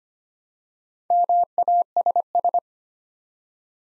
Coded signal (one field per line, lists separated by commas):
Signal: Morse code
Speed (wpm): 25 wpm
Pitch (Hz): 700 Hz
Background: none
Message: MASS